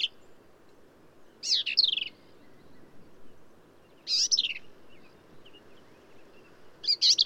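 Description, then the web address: Black-capped vireo song: a few brisk phrases of high, twisting, chattery notes, repeated roughly every two to three seconds. "birdsongforthecurious Black-capped Vireo"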